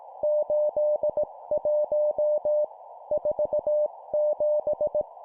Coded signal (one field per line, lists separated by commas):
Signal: Morse code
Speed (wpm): 18 wpm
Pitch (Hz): 600 Hz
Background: none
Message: 81 47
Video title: 17wpm Two number words, morse code practice